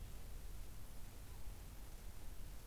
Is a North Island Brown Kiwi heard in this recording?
no